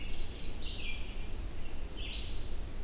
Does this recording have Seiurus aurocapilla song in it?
no